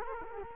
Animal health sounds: mosquito wingbeat signal from an infrared sensor; Culex quinquefasciatus

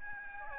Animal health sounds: mosquito wingbeat signal from an infrared sensor; Aedes albopictus

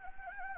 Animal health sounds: mosquito wingbeat signal from an infrared sensor; Anopheles gambiae

